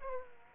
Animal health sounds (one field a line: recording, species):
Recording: mosquito wingbeat signal from an infrared sensor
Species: Aedes aegypti